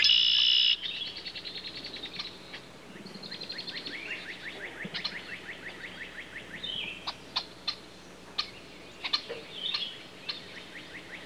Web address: red wing blackbird song